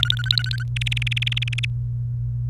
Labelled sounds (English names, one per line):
Domestic Canary song